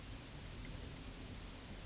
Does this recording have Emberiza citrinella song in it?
no